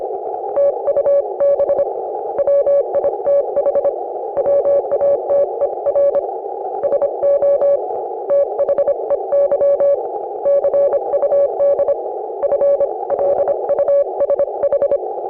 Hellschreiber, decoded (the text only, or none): none